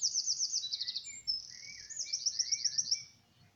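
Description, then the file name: Eurasian wren song, rapid high trills rattling on for about three seconds, with lower sliding notes. "Troglodytes troglodytes"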